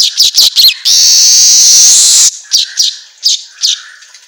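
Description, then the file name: Asian golden weaver song: short sharp chips, then a sustained harsh sizzling wheeze of more than a second, followed by more spaced chipping notes. Manyar kepala emas singing energetically (auto gacor). "Suara Kicau Manyar Kepala Emas Auto Gacor"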